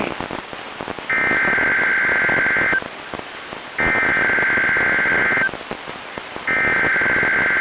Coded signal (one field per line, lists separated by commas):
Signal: Emergency Alert System (SAME) tones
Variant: header bursts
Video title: EAS #1099-#1101: Virginia & West Virginia Statewide Tornado Drills | KHB36 & WXM42